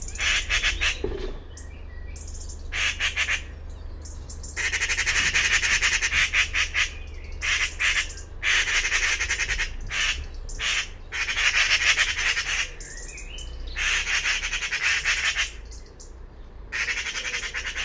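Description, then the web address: Bird calling with hoarse, grinding squawks in long pulsed bouts over a low background rumble. "Bird Only More Classes Pi Pi Pi Pi"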